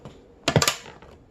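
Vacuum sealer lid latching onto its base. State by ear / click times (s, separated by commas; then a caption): seated / 0.5 s. A plastic bag is laid at the edge of a food vacuum sealer's sealing area, and the sealer's plastic lid is pressed down onto its base. A sharp click at 0.5 s is followed by a quick cluster of clattering plastic knocks, and then the room goes quiet. The lid latches closed and is seated.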